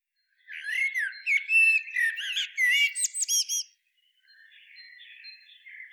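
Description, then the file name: Common blackbird: warbled slurred notes leading into a rapid squeaky twitter, followed by quieter faint chatter. "Turdus merula"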